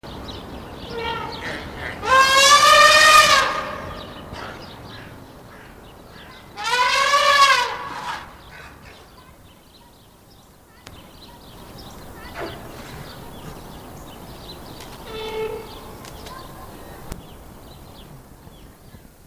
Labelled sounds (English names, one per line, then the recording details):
Asian Elephant trumpet call
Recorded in captivity
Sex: female
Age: adult
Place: Zoo Berlin, Berlin, DE
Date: 2001-03-20 14:30
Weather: partly sunny, 0-2°C
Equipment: Nagra SN, Kopie Uher 4000 Report Monitor
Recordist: Tembrock, Günter
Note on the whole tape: Die Weibchen kurz vor dem Einlaß: Trompeten und andere Laute